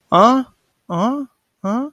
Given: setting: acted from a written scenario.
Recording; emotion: vocal sound without words; interest